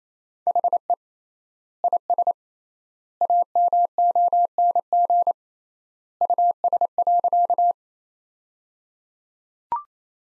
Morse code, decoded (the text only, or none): HE IS AMONG US.